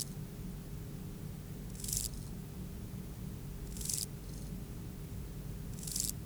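Euchorthippus pulvinatus grasshopper song: short sizzling bursts repeated every two seconds over a low hum, some followed by a fainter buzz.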